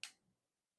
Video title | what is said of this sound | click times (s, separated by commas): Targeted Temperature Management | You push it till it snaps into place. | 0.0 s